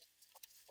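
The positive battery cable terminal of a 2017-2023 Cadillac XT5 is pushed back onto the car battery until it hooks on. A few faint, soft taps and rustles lead up to one sharp, bright click at 0.4 s. The terminal is seated and hooked onto the battery.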